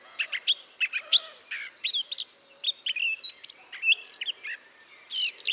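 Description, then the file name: Eurasian blackcap warbling in short bursts of varied chirps, whistles and twittered notes, high-pitched, with brief pauses between phrases. "Sylvia atricapilla"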